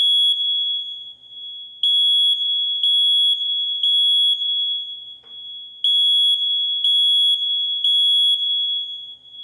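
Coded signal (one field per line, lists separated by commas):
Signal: alarm pattern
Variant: smoke detector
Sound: loud high-pitched shrill beeps in groups of three, then a pause, repeating twice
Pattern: temporal three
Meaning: Temporal-three pattern signals that the smoke detector senses smoke or fire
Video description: It is the recognizable smoke alarm beep beep beep that goes off when a smoke detector senses smoke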